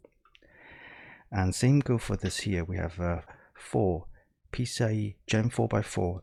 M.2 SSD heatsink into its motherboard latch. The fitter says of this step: you just basically put that back in and then lock into place.